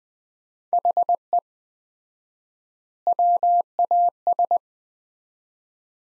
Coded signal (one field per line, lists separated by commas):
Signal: Morse code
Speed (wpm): 20 wpm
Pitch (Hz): 700 Hz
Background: none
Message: HE WAS